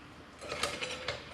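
A steel snap ring is pressed into the groove of the bearing bore in the side gearbox housing of a Bush Hog RT72G tiller, so the bearing can't be pushed out. After quiet scraping and rattling, sharp metallic snaps ring out at 0.6 s and 1.1 s. The snap ring is seated in its groove.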